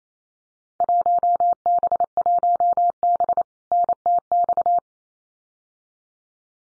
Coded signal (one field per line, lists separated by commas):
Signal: Morse code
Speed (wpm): 28 wpm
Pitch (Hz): 700 Hz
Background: none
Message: 1B1B NTX